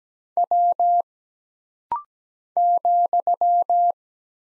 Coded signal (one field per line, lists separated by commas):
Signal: Morse code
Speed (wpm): 17 wpm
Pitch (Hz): 700 Hz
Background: none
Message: W ,